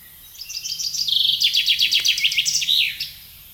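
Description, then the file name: Chaffinch song, a lively cascade of quick repeated notes falling in pitch and finishing with an emphatic terminal flourish, faint background hiss. "Fringilla coelebs"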